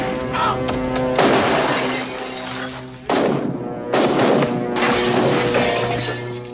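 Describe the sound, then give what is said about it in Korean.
Glass of a phone booth being smashed: three loud, harsh shattering crashes, a couple of seconds apart, over a steady humming tonal background. “남의 가게를 부수고 공중전화 박스를 박살내고 이제 살인까지 하게 된 것입니다.”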